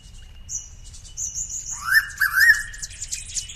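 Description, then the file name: Noisy pitta giving a brisk three-note whistled phrase, the notes rising and clear, amid high chirping in the background. "pitta versicolor"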